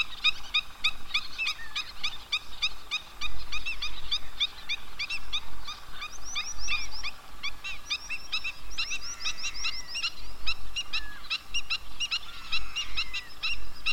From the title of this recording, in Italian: Lo Stagno – Cabras